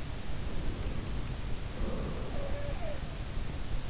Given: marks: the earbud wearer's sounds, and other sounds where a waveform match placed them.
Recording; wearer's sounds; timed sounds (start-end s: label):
sounds in sleep by an in-ear microphone; breath
0.27-3.10 s: breath
2.08-3.38 s: sound from someone else or the room